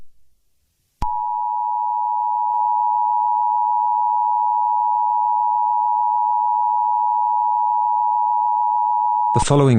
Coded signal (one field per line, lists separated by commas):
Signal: Emergency Alert System (SAME) tones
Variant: 853 and 960 Hz attention tone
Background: speech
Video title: EAS Scenario #5: Laughing Jack Rampage of London.